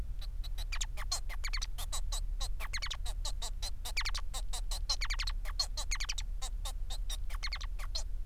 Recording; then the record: song of a male Bengalese finch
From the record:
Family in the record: son of father 4